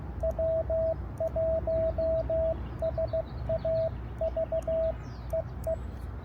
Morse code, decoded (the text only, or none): W1SAV EE